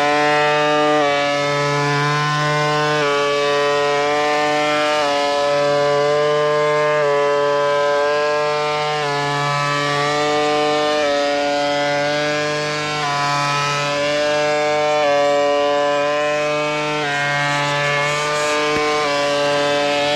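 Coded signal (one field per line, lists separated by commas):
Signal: channel marker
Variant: UVB-76 (The Buzzer)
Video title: The Conet Project 432 - The Buzzer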